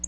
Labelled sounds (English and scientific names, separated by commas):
Black-throated Blue Warbler (Setophaga caerulescens) flight call